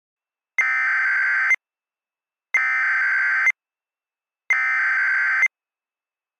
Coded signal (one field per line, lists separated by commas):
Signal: Emergency Alert System (SAME) tones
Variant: header bursts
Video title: Tornadic Train Wreck | EAS Mock #26